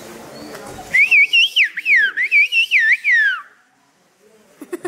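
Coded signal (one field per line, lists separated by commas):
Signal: whistled language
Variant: Turkish Kuş dili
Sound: about two and a half seconds of rapid, gliding, melodic whistled phrases with rising and falling pitch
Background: quiet outdoor ambience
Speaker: kata bapak itu artinya angkat tangan udah dadah gitu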